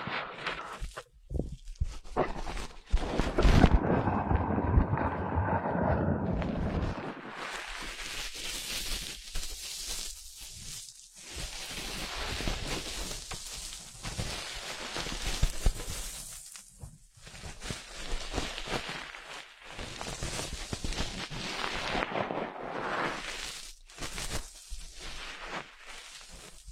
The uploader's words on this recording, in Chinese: 按摩耳朵，一些让人放松的声音。